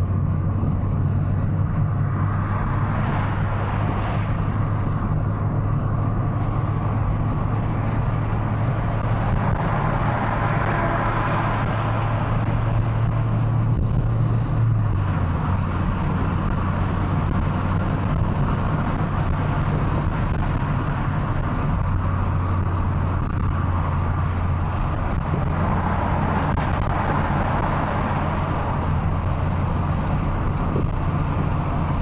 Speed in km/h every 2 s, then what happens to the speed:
89, 93, 96, 98, 100, 100, 104, 104, 108, 109, 105, 100, 100, 101, 101, 100.
0-17 speeds up to 109. 17-22 slows to 100. 22-32 steady at about 100.